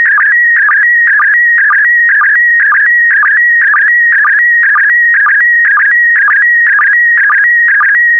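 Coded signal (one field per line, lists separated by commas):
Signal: SSTV (slow-scan television)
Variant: PD120 mode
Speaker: complete. You can now check your decoded image against the picture that is shown on the video.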